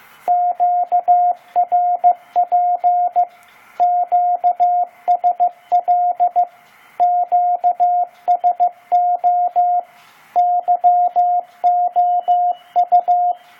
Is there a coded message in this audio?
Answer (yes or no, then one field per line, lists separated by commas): yes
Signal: Morse code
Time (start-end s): 0.3-13.3 s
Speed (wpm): 15 wpm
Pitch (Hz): 710 Hz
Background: radio noise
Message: QRP QSL QSO YOU